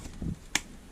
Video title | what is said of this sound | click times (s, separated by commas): Holy Stone HS175D Compact Foldable GPS #Drone 1st Look & Overview | Snaps into place, locks into place. | 0.6 s